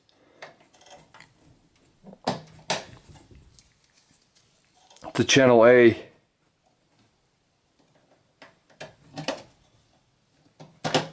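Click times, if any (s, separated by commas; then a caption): 9.3 s, 10.9 s. A desktop memory module is pressed into its channel A DIMM slot on the motherboard of a Dell DM051 Dimension 5150/E510 until both plastic retention clips snap shut. Scattered handling clicks are followed by someone talking. Then the two clips snap home at 9.3 s and 11.0 s, and the module is seated.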